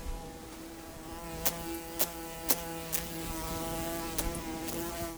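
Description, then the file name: Bumblebee buzz: a soft, even low hum running throughout, broken by several sharp tapping clicks. "Humle"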